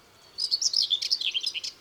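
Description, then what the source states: Common whitethroat song: a short, scratchy, grating strophe of quick jumbled notes lasting just over a second. June bird song; short strophe with a grating voice.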